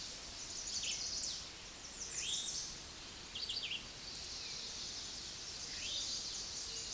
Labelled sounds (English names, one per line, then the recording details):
American Redstart song
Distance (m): 30 m
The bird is about 5 m above the microphone
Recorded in a Pennsylvania forest on 16 May 2024 at 06:10
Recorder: AudioMoth, point MSD-2367
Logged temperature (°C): 16.0 °C
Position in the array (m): 107 m, 235 m